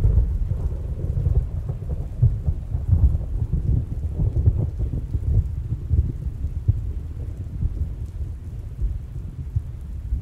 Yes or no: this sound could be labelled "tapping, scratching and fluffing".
no